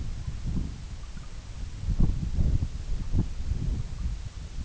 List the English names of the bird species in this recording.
none